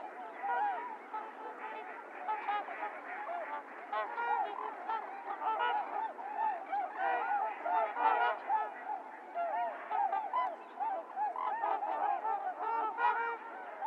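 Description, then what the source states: Many trumpeter swans giving resonant nasal honks, the chorus building slightly louder toward the middle and staying dense. Recorded 28 January 2022; low-cut filtered; several swans.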